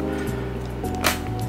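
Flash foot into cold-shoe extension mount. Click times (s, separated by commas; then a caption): 1.1 s. A flash's foot is slid onto the metal cold-shoe of a BOLING dual cold-shoe extension mount and its foot lock is engaged, over a steady background of music. A sharp click at 1.0 s marks the foot locking into place, and the flash is seated.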